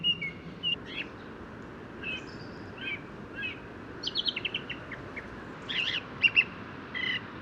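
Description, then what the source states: Song thrush singing short, varied whistled and chirping phrases at a high pitch, some notes repeated, over steady background noise. Daybreak, just before 8 am, 1 January 2018, Bois de Vincennes, annual New Year bird count; birds singing in the mildness of storm Carmen; parabolic microphone; first songbird recorded of the year.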